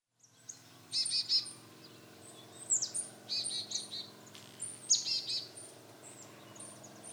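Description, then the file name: Marsh tit calling with short, high, sharp notes in clusters about every two seconds, with a faint low hum underneath. "Poecile palustris"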